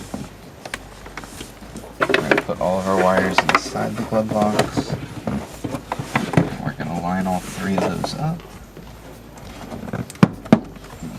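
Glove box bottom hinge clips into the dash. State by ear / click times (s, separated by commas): seated / 10.2 s, 10.5 s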